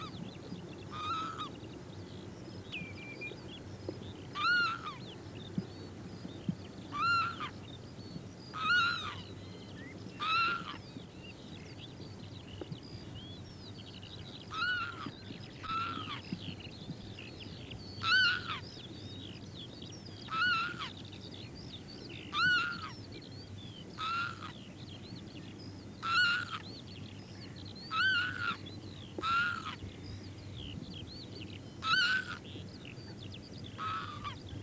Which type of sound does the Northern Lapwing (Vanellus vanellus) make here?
call